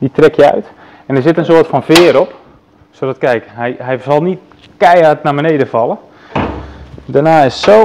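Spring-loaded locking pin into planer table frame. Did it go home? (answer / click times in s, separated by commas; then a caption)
no / none. On a combination planer/thicknesser, the spring-loaded locking pin is pulled out of the planer table frame and the table (hood) is lowered while someone talks throughout, with a brief low rumbling bump near 6.4 s. Nothing has seated or clicked yet; the pin has not locked the table in place.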